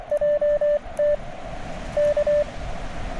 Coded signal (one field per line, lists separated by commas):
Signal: Morse code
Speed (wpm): 24 wpm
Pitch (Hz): 590 Hz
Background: radio noise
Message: JT K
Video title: Hunter Mountain SOTA